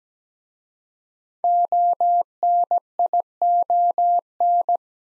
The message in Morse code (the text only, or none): ONION